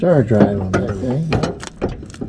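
Someone talks while fitting a star (Torx) drive bit onto the head of a bolt on a 2012 Craftsman 21HP riding mower, with a few faint ticks of handling toward the end. The bit has not popped into the bolt head yet, so nothing has seated.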